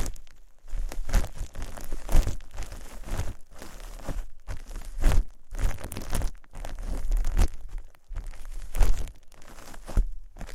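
Bright crinkling and rustling of plastic wrap comes in dense bursts, broken by brief silent pauses every second or two.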